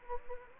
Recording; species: mosquito wingbeat signal from an infrared sensor; Anopheles gambiae